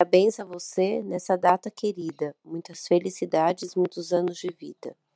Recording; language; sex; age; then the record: short text; Brazilian Portuguese; female; 40 to 49 years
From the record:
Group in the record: control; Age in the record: 49 years